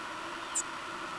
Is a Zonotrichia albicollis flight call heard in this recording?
no